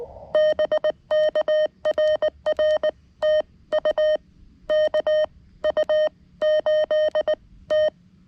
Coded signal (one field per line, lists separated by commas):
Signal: Morse code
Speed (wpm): 19 wpm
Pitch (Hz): 620 Hz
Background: none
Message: BK RR TU KU8T